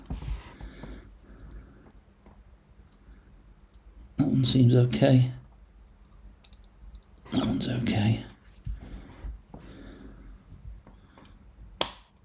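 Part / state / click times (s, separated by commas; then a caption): LED display module into PCB socket / seated / 11.8 s. An LED display module is pressed into its PCB socket and seats with a sharp click at 11.8 s. Someone talks in bursts, and a few smaller clicks and taps come before it.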